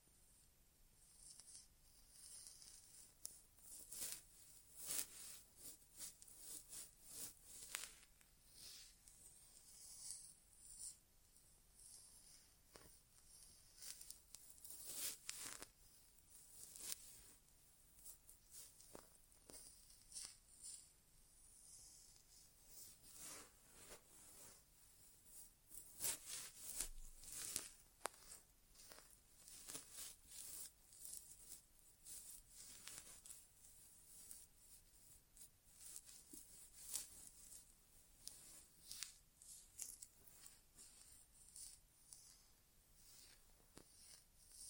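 An ASMR inner ear exam without talking: dense, crackly scratching and rubbing sounds fill the whole stretch, bright and hissy with little low end. The textures come in irregular bursts and flurries, louder around the middle and near the end.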